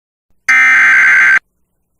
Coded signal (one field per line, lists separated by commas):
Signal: Emergency Alert System (SAME) tones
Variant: header bursts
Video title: SEVERE THUNDERSTORM WARNING AT 5:00 AM (EAS #115)